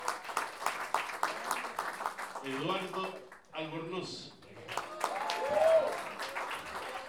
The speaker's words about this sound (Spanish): Aplausos.